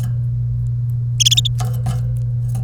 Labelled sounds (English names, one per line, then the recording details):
Domestic Canary song
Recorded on 1 May 2018 at 08:29
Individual llb3